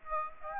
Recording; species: mosquito wingbeat signal from an infrared sensor; Aedes aegypti